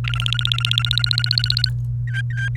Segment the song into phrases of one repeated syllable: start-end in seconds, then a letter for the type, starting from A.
0.04-1.70 A, 2.07-2.49 B, 2.56-2.57 C